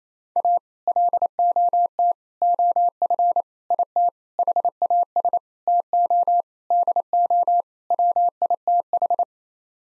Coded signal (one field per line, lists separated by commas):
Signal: Morse code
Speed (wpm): 28 wpm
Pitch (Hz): 700 Hz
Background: none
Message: A LOT OF IT HAS TO DO WITH